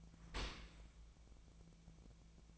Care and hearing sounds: daily activity, microphone in the room; open dishwasher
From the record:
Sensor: 1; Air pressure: 1000.5 hPa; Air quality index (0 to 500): 181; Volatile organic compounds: 4 ppm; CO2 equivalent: 1665 ppm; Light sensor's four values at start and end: 11/27/11/13 and 11/27/11/13

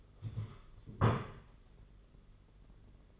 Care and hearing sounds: daily activity, microphone in the room; stand up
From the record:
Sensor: 4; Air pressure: 992.5 hPa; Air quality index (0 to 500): 122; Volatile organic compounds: 32 ppm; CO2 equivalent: 2993 ppm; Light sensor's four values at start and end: 20/72/26/28 and 20/72/26/28

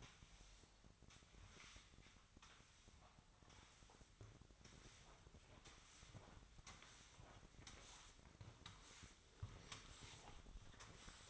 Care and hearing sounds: daily activity, microphone in the room; sweep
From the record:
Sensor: 3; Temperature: 24.8 degrees Celsius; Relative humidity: 38.3%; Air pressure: 1003.1 hPa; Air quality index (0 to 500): 196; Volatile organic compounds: 6 ppm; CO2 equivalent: 1913 ppm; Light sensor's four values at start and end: 15/36/15/16 and 17/39/17/18

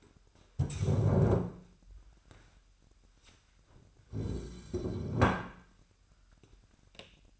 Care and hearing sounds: daily activity, microphone in the room; stand up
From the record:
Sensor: 2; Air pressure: 998.4 hPa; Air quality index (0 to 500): 127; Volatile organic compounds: 3 ppm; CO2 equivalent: 1435 ppm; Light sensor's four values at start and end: 6/15/6/7 and 5/13/5/6

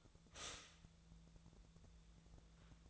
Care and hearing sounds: daily activity, microphone in the room; stop toaster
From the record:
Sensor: 3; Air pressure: 1000.2 hPa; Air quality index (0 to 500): 154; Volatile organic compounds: 3 ppm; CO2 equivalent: 1355 ppm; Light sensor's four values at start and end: 37/95/40/43 and 37/95/40/43

